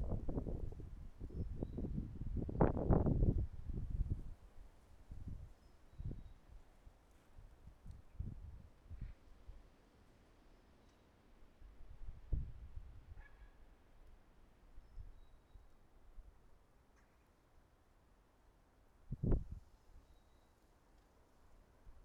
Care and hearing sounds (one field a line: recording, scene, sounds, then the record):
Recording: everyday scene through a hearing-aid microphone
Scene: wind on the microphone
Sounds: wind, traffic, birds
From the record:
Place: suburban garden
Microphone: behind the ear, right, front